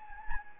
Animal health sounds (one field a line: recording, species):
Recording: mosquito wingbeat signal from an infrared sensor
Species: Anopheles gambiae